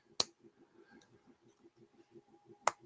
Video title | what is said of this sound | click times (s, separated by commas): LDO Box Turtle Kit Build Part 3 | hear that nice little snap crack will pop and it puts it in place there's number | 0.2 s, 2.7 s